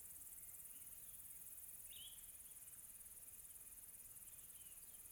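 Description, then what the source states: Cricket chirping as a steady, very high-pitched pulsing trill that runs unbroken throughout, with faint soft calls in the background. Recorded on a quiet tropical night.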